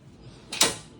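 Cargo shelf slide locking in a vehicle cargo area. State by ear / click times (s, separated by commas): not seated / none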